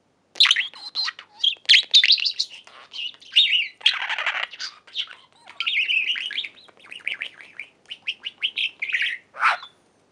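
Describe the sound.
Budgerigar warble: steady stream of fast chirps, clicks and buzzy squawks, with a harsh burst near four seconds and quick chirps toward the end.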